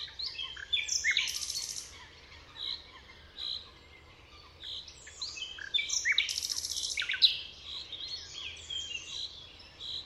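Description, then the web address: Common nightingale song with varied phrases, harsh buzzy bursts and clear whistled notes, repeated in two similar sequences. "chant didier collin rossignol philomele"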